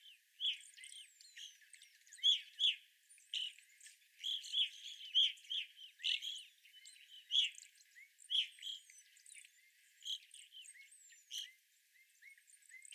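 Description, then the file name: Evening grosbeak flock calling in sharp, burry bursts, louder notes spaced irregularly, with thin high squeaks and chirps between them. Several evening grosbeaks recorded on 25 April 2021. "2021-04-25 Evening Grosbeaks"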